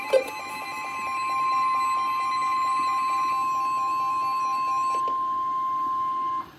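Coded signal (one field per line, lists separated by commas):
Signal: Emergency Alert System (SAME) tones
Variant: 1050 Hz attention tone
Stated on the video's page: Real EAS alerts, including tornado warnings, PDS tornado warnings and a flash flood emergency, compiled from one day.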